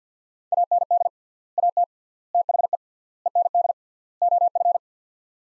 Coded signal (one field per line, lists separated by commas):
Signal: Morse code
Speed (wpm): 50 wpm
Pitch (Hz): 700 Hz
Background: none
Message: AND AT THE END OF